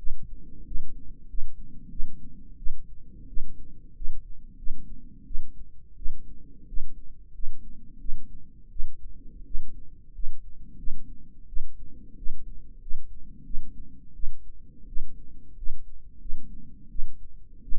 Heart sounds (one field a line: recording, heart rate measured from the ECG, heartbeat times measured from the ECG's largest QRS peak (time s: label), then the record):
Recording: heart sounds by microphone in the right ear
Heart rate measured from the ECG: 88 bpm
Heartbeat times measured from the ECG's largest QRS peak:
0.66 s: heartbeat
1.28 s: heartbeat
1.91 s: heartbeat
2.58 s: heartbeat
3.28 s: heartbeat
3.95 s: heartbeat
4.58 s: heartbeat
5.26 s: heartbeat
5.97 s: heartbeat
6.67 s: heartbeat
7.34 s: heartbeat
8.00 s: heartbeat
8.71 s: heartbeat
9.45 s: heartbeat
10.14 s: heartbeat
10.78 s: heartbeat
11.48 s: heartbeat
12.17 s: heartbeat
12.81 s: heartbeat
13.45 s: heartbeat
14.15 s: heartbeat
14.87 s: heartbeat
15.57 s: heartbeat
16.20 s: heartbeat
16.90 s: heartbeat
17.63 s: heartbeat
From the record:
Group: healthy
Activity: rest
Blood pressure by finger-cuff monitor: 121/77 mmHg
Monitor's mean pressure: 88 mmHg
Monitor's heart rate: 87 bpm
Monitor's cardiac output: 6.8 L/min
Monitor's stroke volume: 78 mL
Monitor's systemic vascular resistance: 940 dyn s/cm5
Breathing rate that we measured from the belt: 21 breaths a minute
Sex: female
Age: 22 years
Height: 163 cm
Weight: 67.1 kg